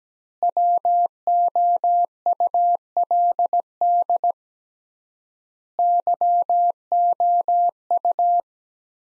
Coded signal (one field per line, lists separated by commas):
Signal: Morse code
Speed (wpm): 17 wpm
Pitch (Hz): 700 Hz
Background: none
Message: WOULD YOU